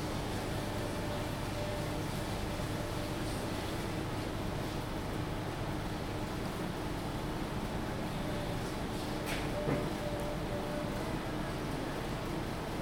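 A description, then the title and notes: Ventilation hums steadily and densely throughout, a low droning wash with faint tones buried inside, and a brief sharp click near nine seconds. Waiting in Costa, the ventilation hums drowning out music.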